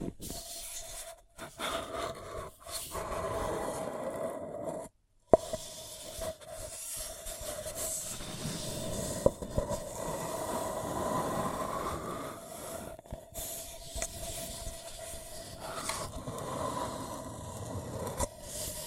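A paper cup is rubbed and scratched in a dense, steady rustle, with a faint hum-like tone running underneath. Sound drops out briefly around one and five seconds, then a sharp tap follows, with another click near nine seconds.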